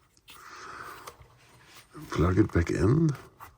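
During battery replacement on a JBL Charge 6 portable speaker, the battery cable connector is handled as it is pushed back toward its socket on the circuit board, with soft rubbing and handling noise and a faint tick near 1.1 s. Someone then talks from about 2.0 s. Nothing has seated or clicked yet.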